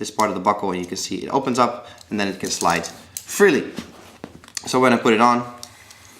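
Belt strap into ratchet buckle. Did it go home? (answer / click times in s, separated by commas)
no / none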